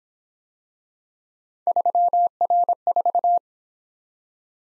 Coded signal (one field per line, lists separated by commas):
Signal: Morse code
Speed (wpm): 26 wpm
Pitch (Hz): 700 Hz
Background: none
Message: 3R4